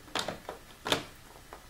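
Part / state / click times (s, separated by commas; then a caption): monitor stand bracket into the mount on the back of the monitor / not seated / none. A Dell U2412M Ultrasharp LED monitor's stand bracket is handled against the mount on the back of the monitor, with short plastic-like knocks and taps at about 0.2, 0.5, 0.9 and 1.5 seconds. The bracket is not yet home, and nothing has seated or clicked yet.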